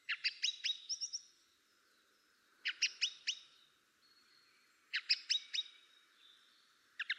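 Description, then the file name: Song thrush song: a short burst of sharp chipping notes repeated four times, the last cut off, with pauses of a few seconds between, in an otherwise quiet setting. "drozd spiewak peter boesman. zanglijster"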